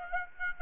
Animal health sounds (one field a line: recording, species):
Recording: mosquito wingbeat signal from an infrared sensor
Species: Aedes aegypti